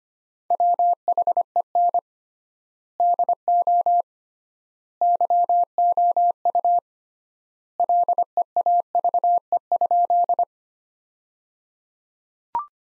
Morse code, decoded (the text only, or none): WHEN DO YOU LEAVE?